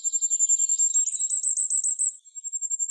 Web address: Regulus ignicapillus